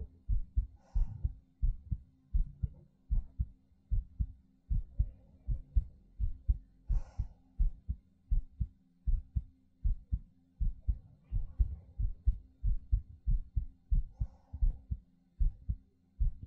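Steady, deep low thumps in paired beats run throughout, at roughly 85 beats a minute with an even rhythm. Soft breath noises rise in the background a few times. It is a close-up heartbeat with quiet breathing, made for ASMR listening.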